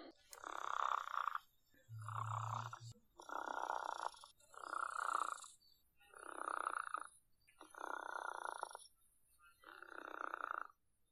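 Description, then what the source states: Chicken purring: soft, rough rolling bursts repeated about every one and a half seconds, seven in all. Chicken purring, given when happy and content; pet chickens purr when being petted.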